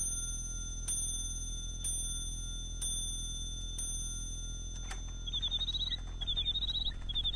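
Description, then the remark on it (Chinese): A bird-call clock sounds five bright, ringing chimes about a second apart, then breaks into quick, high warbling chirps in short bursts over a low steady hum. “你替我把这座鸟鸣钟送给詹天佑，这是太后赏给我的”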